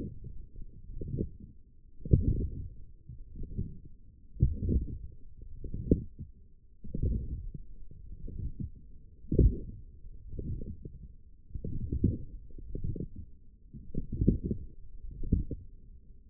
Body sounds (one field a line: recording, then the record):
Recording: forearm muscle sounds (acoustic myography)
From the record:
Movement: forearm pronation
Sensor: system 1, eight BSWA MPA416 microphones around the upper forearm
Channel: 2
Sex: male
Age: 42 years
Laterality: right